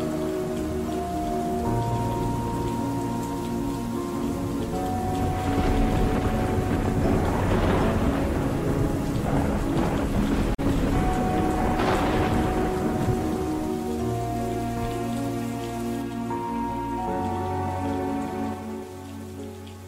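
Heavy rain pours steadily on a windy, stormy night, with deep rolls of thunder swelling and fading in the middle, over a low sustained tonal drone.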